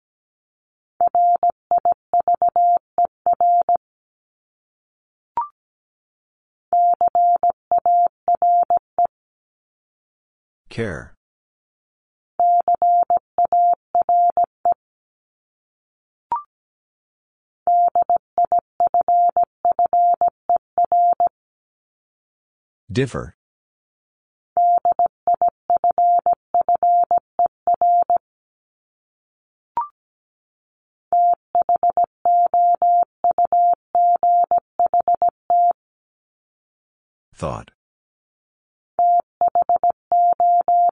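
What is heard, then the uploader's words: Morse code sounds as a steady single tone near the middle register, keyed in quick bursts of dots and dashes grouped into runs of a few seconds with short silences between. Brief clicks and a few sharp crackling bursts interrupt the gaps, roughly every twelve seconds. First, the word is sent in Morse code. Then it is spoken. Finally, it is sent again in Morse code. Top 500 Words 17wpm.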